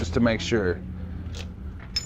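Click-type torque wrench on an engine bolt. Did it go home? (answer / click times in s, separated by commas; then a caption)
yes / 2.0 s. A click-type torque wrench is tightened on an engine bolt during head gasket and intake reassembly on a 1996 Chevy K2500 truck, pulled again after its first click to confirm the 22 ft-lb setting. Someone talks over a low hum, a faint tick comes at 1.4 s, and the wrench gives a sharp click at 2.0 s, confirming 22 ft-lb.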